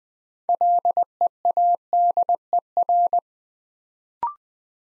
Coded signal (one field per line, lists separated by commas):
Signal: Morse code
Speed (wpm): 20 wpm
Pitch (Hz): 700 Hz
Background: none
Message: LEADER